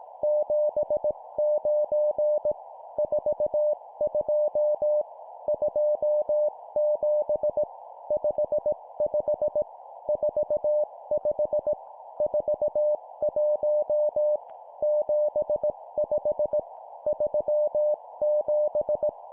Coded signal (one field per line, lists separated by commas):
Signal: Morse code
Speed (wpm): 18 wpm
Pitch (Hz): 600 Hz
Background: none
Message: 79 42 27 55 45 41 75 37